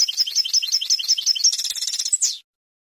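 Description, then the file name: European goldfinch singing a quick, jangling run of high chirps that speeds into a trill and then cuts off. "suara burung chardonneret atau goldfinch eropa om kicau"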